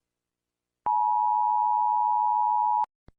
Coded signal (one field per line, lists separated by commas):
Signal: Emergency Alert System (SAME) tones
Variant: 853 and 960 Hz attention tone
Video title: Rating EAS Alarms